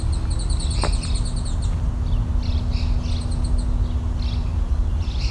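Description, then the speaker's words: Blue-gray Gnatcatcher giving thin, nasal calls among other high notes, over steady low background noise. Nasal 'bees' call; recorded in an oak savanna section. "The blue-gray gnatcatcher, which has the nasal bees call."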